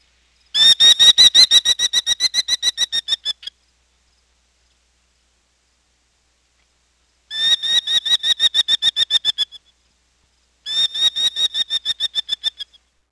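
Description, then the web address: Merlin chattering call: three bursts of rapid, evenly spaced notes, each burst lasting two to three seconds, separated by silence. "Peterson North American Birds"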